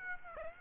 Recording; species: mosquito wingbeat signal from an infrared sensor; Aedes aegypti